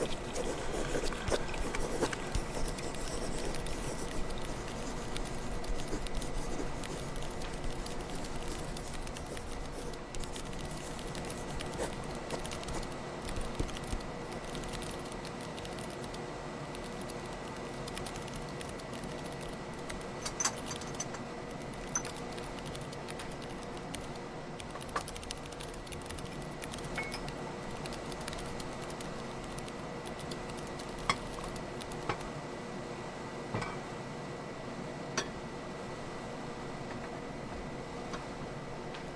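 Typing, handwriting and page flipping blend into a dense, steady layer of small scratches and taps across the whole clip. A faint constant tone hums underneath, and sharper clicks stand out now and then, especially after the twenty-second mark.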